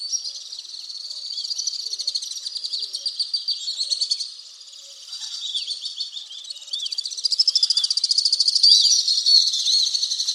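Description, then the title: Alpine swift trilling song: rhythmic high trills with brief downslurred notes, a short quieter gap near four seconds, then a loud, fast-beating chatter. "Le chant du martinet à ventre blanc"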